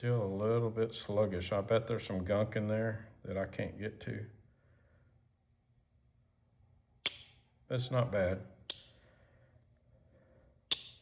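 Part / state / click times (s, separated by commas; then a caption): knife blade snapping against the backspring in the handle / seated / 8.7 s, 10.7 s. After cleaning and oiling, someone opens and closes the steel blade of a Case Stockman slip-joint pocketknife while talking. The blade snaps into place against the backspring in the handle with sharp clicks at 8.7 s and 10.7 s. The snap is judged okay: a single snap point that can be heard.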